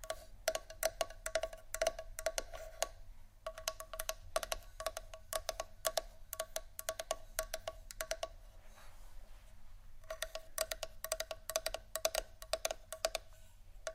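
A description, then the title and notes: Quick, crisp tapping and scratching come in dense bursts, with brief pauses near three seconds and a longer gap around nine seconds. The taps carry a faint ringing tone, and a steady low hum runs underneath throughout. ASMR Scratch & Tap For Your Nap（No Talking）.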